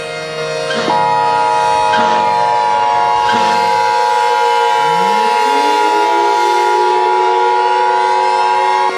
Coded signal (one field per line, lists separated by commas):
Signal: Emergency Alert System (SAME) tones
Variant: 853 and 960 Hz attention tone